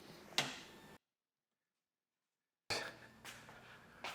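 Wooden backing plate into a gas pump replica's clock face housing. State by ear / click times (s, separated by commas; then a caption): seated / 0.4 s. A removable white-painted plywood backing plate is fitted behind the clock face of a gas pump replica, set against a stop block, and its left-hand piece is pushed in until it clicks into place at 0.4 s. The plate is seated, held by the tension of the face plate. After a silent gap from about 1.0 to 2.7 s, more handling noise follows, ending with another sharp knock at about 4.1 s.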